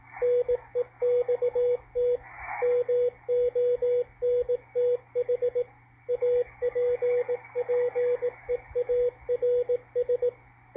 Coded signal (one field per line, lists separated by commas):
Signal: Morse code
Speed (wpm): 17 wpm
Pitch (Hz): 490 Hz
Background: radio noise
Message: NEXT MONTH APPEARS